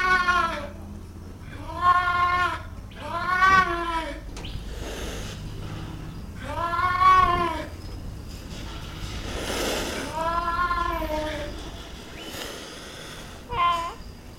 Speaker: And hear the sounds of the mainland clouded leopard.